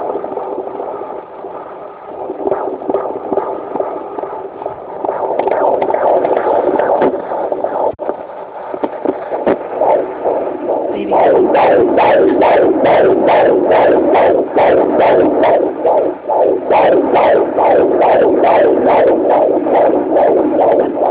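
Rapid, regular whooshing pulses at about 140 beats a minute: a fetal heartbeat on Doppler at 21 weeks 3 days of pregnancy.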